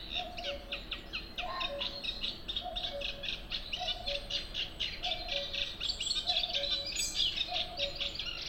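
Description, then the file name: Cuckoo's falling paired notes, repeated steadily about every second, sit under a thick, continuous chorus of chirping and warbling small birds. "minutes of cuckoos"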